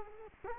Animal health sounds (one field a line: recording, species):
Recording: mosquito wingbeat signal from an infrared sensor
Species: Culex quinquefasciatus